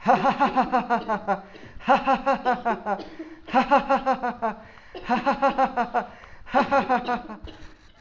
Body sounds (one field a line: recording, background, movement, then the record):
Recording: laughter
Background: a bystander coughing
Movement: sitting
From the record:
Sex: male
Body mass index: 20.6 kg/m2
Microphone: on the chest, facing outward